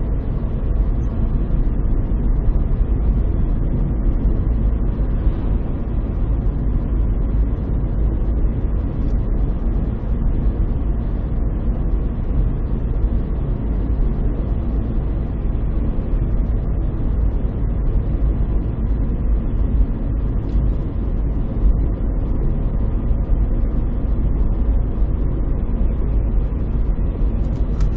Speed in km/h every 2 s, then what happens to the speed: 60, 60, 60, 60, 61, 61, 61, 61, 59, 59, 58, 58, 59, 58.
0-28 steady at about 60.